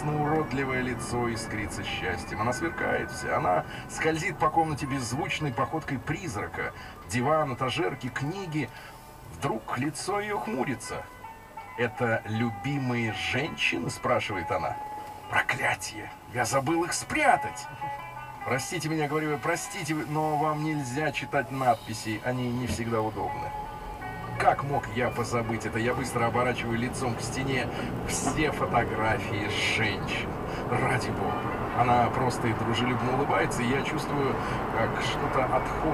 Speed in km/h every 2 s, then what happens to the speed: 50, 38, 27, 16, 7, 1, 1, 1, 0, 0, 0, 0, 3, 11, 20, 29, 40, 48.
0-10 brakes to 1. 10-23 standing. 23-36 pulls away to 48.